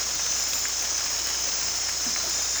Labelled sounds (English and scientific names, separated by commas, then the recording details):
none
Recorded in dense forest near Puerto Asís, Putumayo, Colombia, on 22 December 2024 at 19:30
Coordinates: 0.485, -76.318
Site GP03